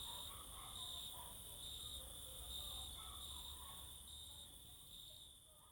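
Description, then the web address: Cricket chorus trilling high and continuous with rhythmic pulses, a low rumble underneath. Crickets singing close in summer fields during the evening or night. "Sculp Tunes - Summer in the field - Crickets and Cicadas"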